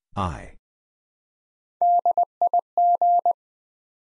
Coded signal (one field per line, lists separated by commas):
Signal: Morse code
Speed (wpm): 20 wpm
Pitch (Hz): 700 Hz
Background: none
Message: DIG